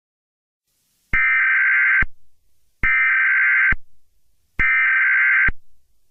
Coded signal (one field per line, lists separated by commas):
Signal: Emergency Alert System (SAME) tones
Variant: header bursts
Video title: 💀💀💀| An EAS Scenario